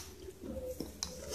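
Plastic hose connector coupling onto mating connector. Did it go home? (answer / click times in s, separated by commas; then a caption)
yes / 1.0 s. A plastic ABS hose connector is twisted onto its mating connector until it locks tight and sealed. A soft scraping twist and a small tick at 0.8 s lead to a sharp locking click at 1.0 s. The coupling is seated.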